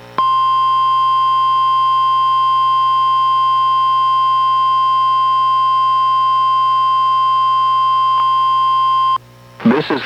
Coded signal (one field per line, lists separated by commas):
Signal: Emergency Alert System (SAME) tones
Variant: 1050 Hz attention tone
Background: speech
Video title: EAS #1039: NWR Required Weekly Test- Dec. 18, 2024- 11:07AM PST